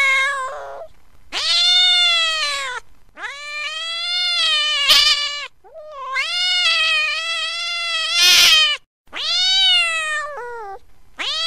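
Cat giving sustained angry caterwauls, long wavering howls that swell and drop, broken by brief gaps and a couple of sharp spitting bursts.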